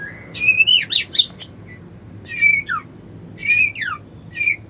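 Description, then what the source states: White-eye song: a high whistled note followed by quick jumbled twitters, then several short bursts of falling and rising chirps with pauses between. Song style called ngerol ngalas.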